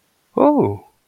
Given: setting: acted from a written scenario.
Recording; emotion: vocal sound without words; positive surprise